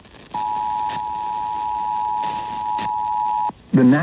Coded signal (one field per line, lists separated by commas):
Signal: Emergency Alert System (SAME) tones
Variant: 853 and 960 Hz attention tone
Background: speech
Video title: EAS Alerts from March 30th-31st, 2025: An EAS Compilation - Enhanced Risks